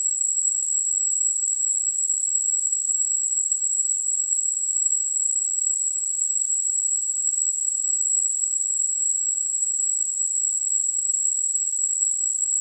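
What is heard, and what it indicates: A steady, very high-pitched whistling tone near 8 kHz runs unchanged for about 13 seconds over a faint high hiss. It is a simulation of tinnitus, the constant ringing a person with the condition hears inside their own ears.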